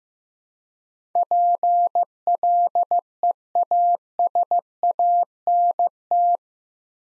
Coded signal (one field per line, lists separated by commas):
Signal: Morse code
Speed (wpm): 15 wpm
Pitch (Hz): 700 Hz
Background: none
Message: PLEASANT